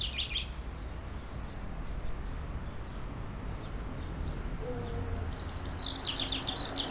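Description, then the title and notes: Common chaffinch song fragments: the end of a phrase at the start, then a fuller trilled phrase running to the end, against a low rumbling background. Singing in a tree while preening, 30 Rue Eugène Fert, Aix-les-Bains, France; faint Sierroz stream in background. "30 Rue Eugène Fert, 73100 Aix-les-Bains, France - Pinson des arbres. Un pinson chante dans un arbre et je le vois faire sa toilette, une petite séquence différente de sa ritournelle habituelle"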